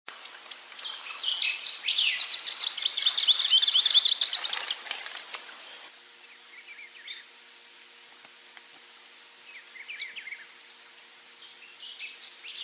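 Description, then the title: Scimitar-billed woodcreeper calling in a fast, chattering run of high notes that swells and then stops after several seconds, followed by faint scattered chirps. "LuckyPassaro Completos2Sama. Scimitar-billed Woodcreeper (Drymornis bridgesii)"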